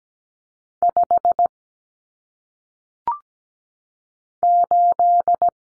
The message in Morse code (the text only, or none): 5 8